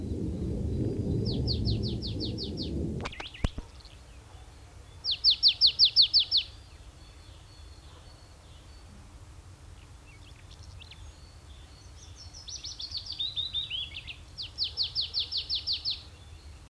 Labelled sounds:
Marsh Tit (Poecile palustris) song

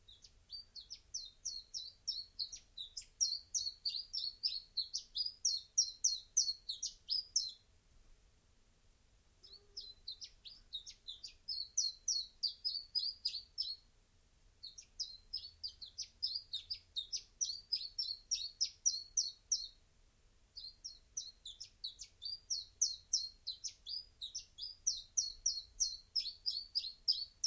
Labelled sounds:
Common Chiffchaff (Phylloscopus collybita) song

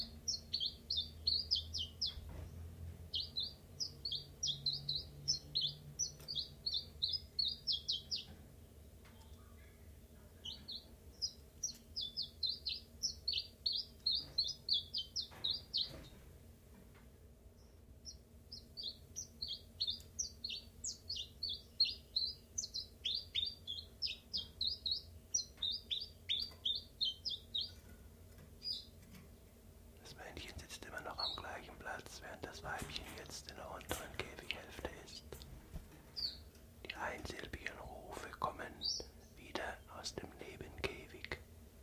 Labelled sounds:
Common Chiffchaff (Phylloscopus collybita)

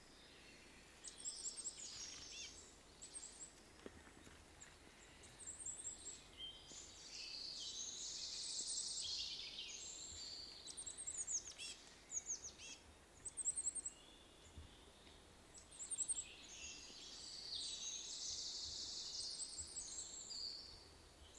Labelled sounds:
Great Tit (Parus major) call

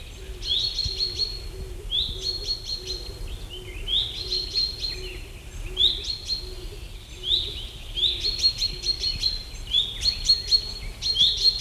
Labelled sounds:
Common Chaffinch (Fringilla coelebs) call

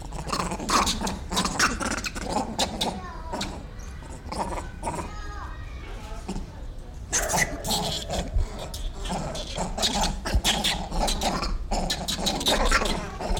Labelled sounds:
Grivet (Chlorocebus aethiops)

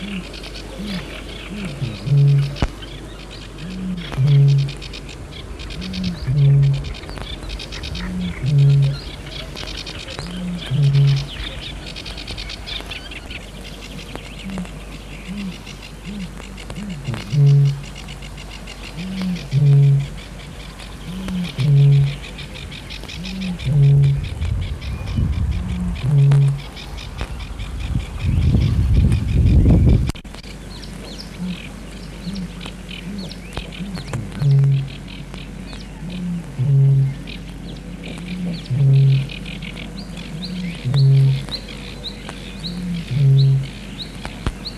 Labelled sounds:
Great Bittern (Botaurus stellaris)

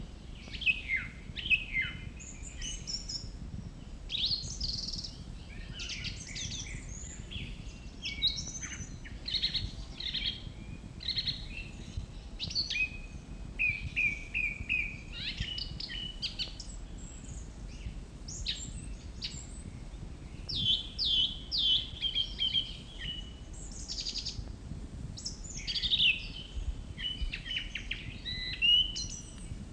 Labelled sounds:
Song Thrush (Turdus philomelos) song

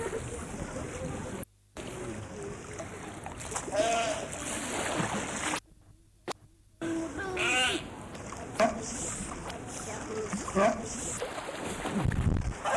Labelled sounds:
Brown Fur Seal (Arctocephalus pusillus) call

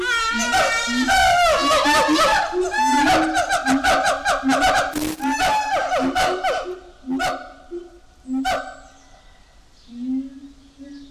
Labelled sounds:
Siamang (Symphalangus syndactylus)

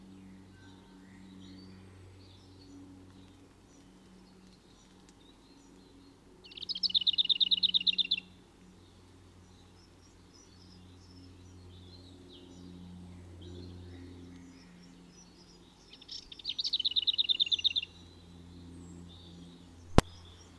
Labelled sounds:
Garden Warbler (Sylvia borin)

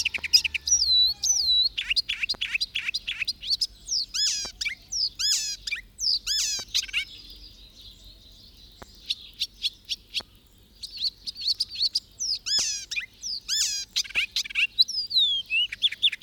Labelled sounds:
Icterine Warbler (Hippolais icterina)

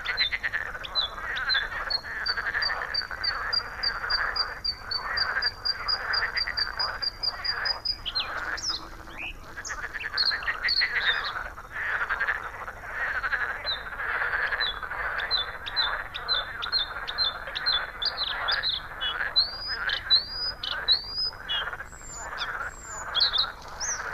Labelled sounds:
Bluethroat (Luscinia svecica) song

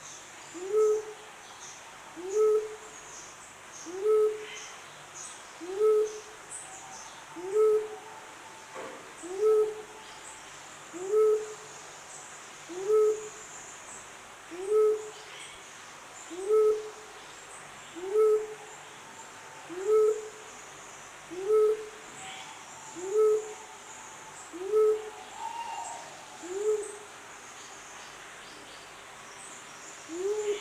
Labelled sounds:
Mindanao Bleeding-heart (Gallicolumba crinigera) call

